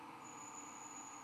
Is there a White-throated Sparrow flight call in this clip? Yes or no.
no